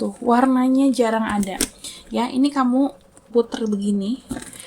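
A metal turn-lock clasp on the flap of a leather handbag is being turned by hand while someone talks over most of the clip. Faint handling sounds sit beneath the voice, but the clasp has not snapped shut or clicked yet by the end.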